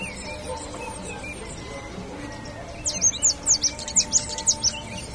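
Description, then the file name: Bird calls, quiet at first, then a run of several sharp high chirps in the final two seconds. "SABIOD 50 bird 2015"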